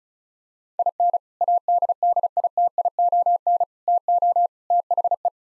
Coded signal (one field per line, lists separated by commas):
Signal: Morse code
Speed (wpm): 36 wpm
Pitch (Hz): 700 Hz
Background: none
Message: IN ADDITION TO THE